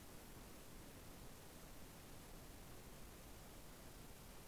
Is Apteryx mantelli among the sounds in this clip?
no